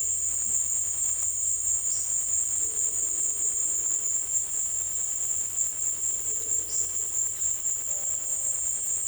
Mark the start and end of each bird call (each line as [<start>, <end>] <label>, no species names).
[6.53, 6.98] bird call